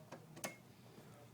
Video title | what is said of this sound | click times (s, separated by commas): Configuring a Dell PC6248 (part I) | and you hear it click. | 0.4 s